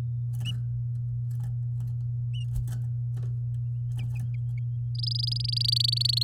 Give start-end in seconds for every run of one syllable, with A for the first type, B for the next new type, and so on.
4.95-6.23 A